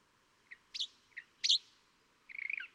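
California thrasher song: a few short harsh notes, then a rapid buzzy trill.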